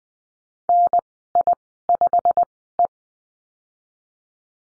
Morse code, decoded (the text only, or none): NI5E